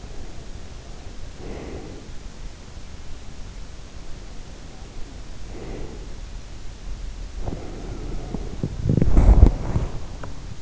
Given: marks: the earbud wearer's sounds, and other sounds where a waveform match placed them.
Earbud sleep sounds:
sounds in sleep by an in-ear microphone; breath, body movement, teeth grinding
0.00-2.73 s: breath
3.96-6.24 s: breath
7.28-8.71 s: breath
8.51-10.62 s: body movement
10.11-10.38 s: teeth grinding

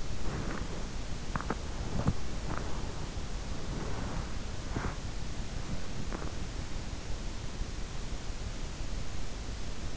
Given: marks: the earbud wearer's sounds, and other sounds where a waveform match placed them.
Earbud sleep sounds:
sounds in sleep by an in-ear microphone; body movement
0.00-6.69 s: body movement

